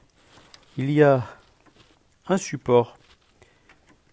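While routing the diesel fuel hoses on a Renault Mégane 1.5 dCi K9K636 engine, the upper plastic hose support clip is handled on the engine bracket as someone talks, with faint handling ticks around 0.5 s and 3.7 s. Nothing has seated or clicked into place yet.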